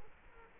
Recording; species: mosquito wingbeat signal from an infrared sensor; Culex quinquefasciatus